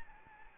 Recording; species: mosquito wingbeat signal from an infrared sensor; Anopheles arabiensis